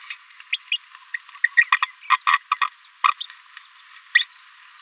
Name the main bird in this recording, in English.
Green-rumped Parrotlet